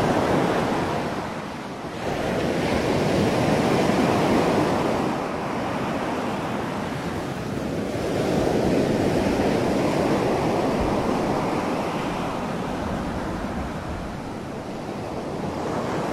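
Ocean waves wash onto a beach at night, a dense rushing roar that swells and recedes in slow surges, with dips near 2, 7 and 14 seconds. Wind buffets the microphone underneath, adding a low rumble to the steady, close surf.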